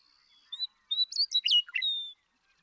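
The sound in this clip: Western meadowlark song: a thin held whistle, then a run of loud, slurred, flute-like notes tumbling downward and ending on a sustained whistled note.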